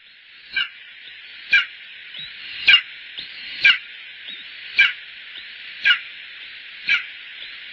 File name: aigle de bonelli